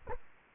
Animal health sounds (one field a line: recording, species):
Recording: mosquito wingbeat signal from an infrared sensor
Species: Culex quinquefasciatus